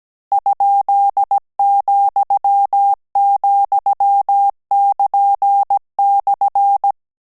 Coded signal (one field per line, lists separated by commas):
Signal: Morse code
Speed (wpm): 17 wpm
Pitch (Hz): 800 Hz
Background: none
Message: ?,,<KN>/